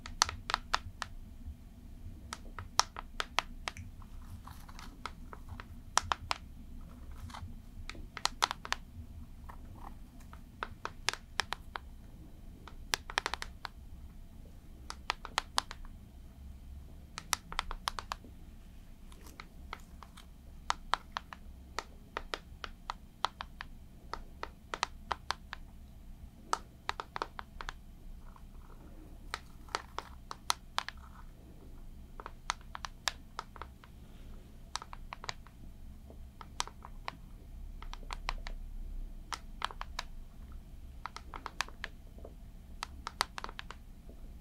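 Slow makeup being applied: a steady run of sharp little clicks and taps, like cases and tools being handled, scattered irregularly across the whole stretch, sometimes in quick clusters. A low, constant hum sits underneath throughout.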